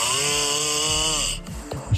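A loud, steady buzzing snore from a sleeping adult man lasts over a second with a rattling, almost whistling tone, then fades into softer breathy noise. This is heavy snoring from vibration of the soft tissues of the throat during sleep.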